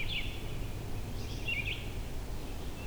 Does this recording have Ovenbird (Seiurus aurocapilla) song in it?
no